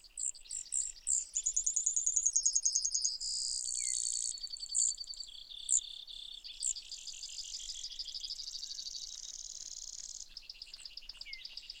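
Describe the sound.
Brewer's sparrow singing a long, varied series of high trills and buzzes. Pitch and tempo change from phrase to phrase with hardly a pause.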